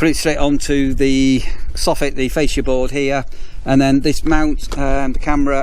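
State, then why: Not seated. Outdoors, a man talks while handling an ANRAN Q4 solar security camera, about to fit the camera body onto its wall mount bracket, which is screwed onto the fascia board. Only his steady speech is heard, with no sharp hits or clicks. Nothing has seated or clicked yet.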